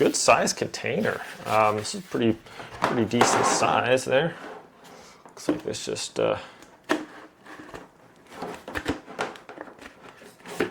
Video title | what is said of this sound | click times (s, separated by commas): HYCHIKA Paint sprayer unboxing and demonstration | locks in place there have our little trigger | 10.6 s